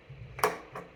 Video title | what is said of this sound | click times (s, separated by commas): Studding a Mountain Bike Tire for Winter - Quick and Easy | into position with a bit of a satisfying pop | 0.4 s